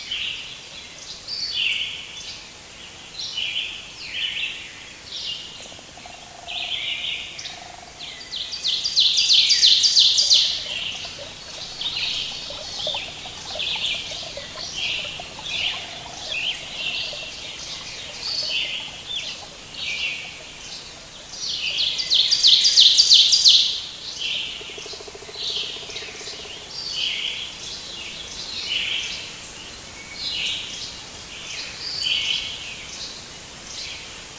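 Birds chirp and call almost without pause against a soft background hiss, their bright, quick notes overlapping densely. Two louder bursts of rapid twittering stand out around ten seconds and again near twenty-three seconds, with scattered lower calls between them.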